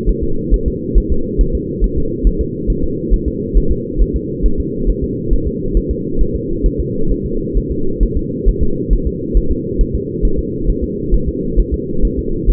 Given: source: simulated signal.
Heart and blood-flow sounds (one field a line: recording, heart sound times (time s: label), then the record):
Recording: fetal heart sounds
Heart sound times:
0.09 s: S1
0.24 s: S2
0.54 s: S1
0.68 s: S2
0.98 s: S1
1.12 s: S2
1.41 s: S1
1.55 s: S2
1.84 s: S1
1.98 s: S2
2.27 s: S1
2.41 s: S2
2.70 s: S1
2.84 s: S2
3.14 s: S1
3.28 s: S2
3.57 s: S1
3.72 s: S2
4.01 s: S1
4.16 s: S2
4.46 s: S1
4.60 s: S2
4.90 s: S1
5.04 s: S2
5.33 s: S1
5.48 s: S2
5.77 s: S1
5.91 s: S2
6.21 s: S1
6.35 s: S2
6.66 s: S1
6.80 s: S2
7.12 s: S1
7.26 s: S2
7.57 s: S1
7.72 s: S2
8.03 s: S1
8.17 s: S2
8.49 s: S1
8.63 s: S2
8.93 s: S1
9.07 s: S2
9.37 s: S1
9.52 s: S2
9.81 s: S1
9.95 s: S2
10.25 s: S1
10.39 s: S2
10.70 s: S1
10.84 s: S2
11.14 s: S1
11.29 s: S2
11.60 s: S1
11.74 s: S2
12.05 s: S1
12.19 s: S2
12.50 s: S1
From the record:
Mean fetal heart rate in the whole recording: 135 bpm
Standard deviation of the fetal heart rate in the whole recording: 3 bpm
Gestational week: 36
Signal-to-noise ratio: -8.1 dB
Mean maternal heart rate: 72 bpm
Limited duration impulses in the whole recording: absent